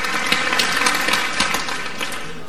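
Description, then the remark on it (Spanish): A crowd applauding steadily at a video game presentation shown on screen, dense overlapping claps forming a loud, continuous wash of noise with sharper individual claps popping out, sustained without a break and with no voices. “Estamos hablando, ahí estamos escuchando precisamente los aplausos.”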